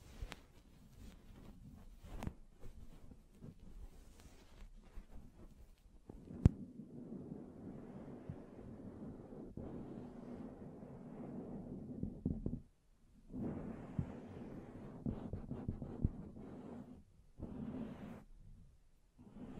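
Hands rub and brush against a microphone, making a low, rumbling scratch that swells and fades in uneven passes. Sharp taps punctuate the first seven seconds, one loud knock near 6.5 seconds, and the rubbing briefly stops around 12.5 and 19 seconds.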